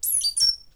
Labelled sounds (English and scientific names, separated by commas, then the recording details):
Stitchbird (Notiomystis cincta) song
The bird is a male
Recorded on Tiritiri Matangi Island, New Zealand, in 2005
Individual 2, of nest box 2